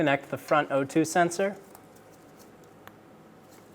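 Someone talks during the first 1.6 seconds, then quiet follows as the front oxygen sensor's wiring connector on a 2007-2012 Nissan Altima is pushed into its mating plastic harness plug under the car. A sharp, short click at 2.9 seconds marks the connector seating and locking in.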